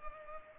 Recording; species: mosquito wingbeat signal from an infrared sensor; Culex pipiens